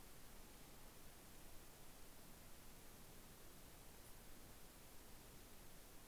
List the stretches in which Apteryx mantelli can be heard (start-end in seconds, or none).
none